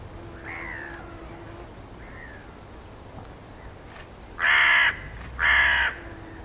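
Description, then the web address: Bird calls: a few faint, thin whistled notes, then two loud, harsh caws about a second apart, over a low background hiss. "Deverinetal 2025 File origin Bird Only"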